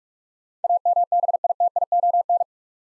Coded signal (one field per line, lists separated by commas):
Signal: Morse code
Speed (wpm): 44 wpm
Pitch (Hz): 700 Hz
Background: none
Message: AMBITION